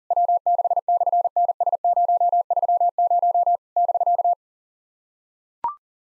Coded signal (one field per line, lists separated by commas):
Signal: Morse code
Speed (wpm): 40 wpm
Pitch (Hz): 700 Hz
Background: none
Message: W6/NS030 <BK>